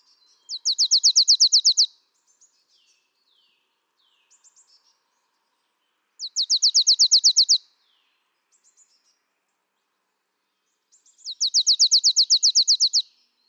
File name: Poecile palustris